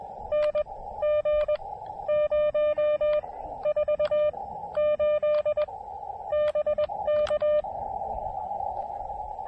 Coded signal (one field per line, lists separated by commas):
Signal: Morse code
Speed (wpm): 20 wpm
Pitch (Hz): 590 Hz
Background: radio noise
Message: NG048 BK